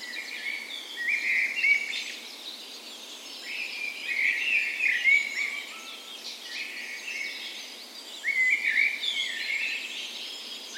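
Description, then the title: Birds: bird dawn chorus: bursts of bright warbled song recurring every few seconds, with quieter twittering from other birds between them. Spring dawn chorus on the morning of 17 May, Norway's National Day, in a park west in Bergen, Norway; recorded with a Sony PCM A10 and LOM micro Usi mics as tree ears. "17th Of May Dawn Chorus"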